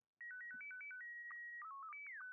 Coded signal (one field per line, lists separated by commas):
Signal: SSTV (slow-scan television)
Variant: Scottie 1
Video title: Ham Radio Digital Modes FT8, SSTV, and PSK31 Demo